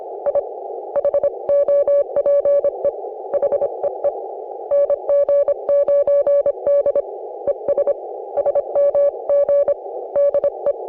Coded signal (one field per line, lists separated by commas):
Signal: Morse code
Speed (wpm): 26 wpm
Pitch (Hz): 560 Hz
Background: none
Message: I HOPE HEE NG9D ES SMG DE